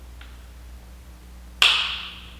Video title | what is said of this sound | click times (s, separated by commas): How to Install Graves Fender Eliminator on Yamaha FZ-09 by Sportbiketrackgear.com | can hear it lock in there. | 1.6 s